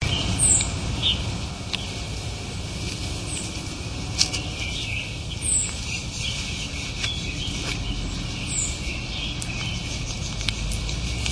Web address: red bellied squirrel call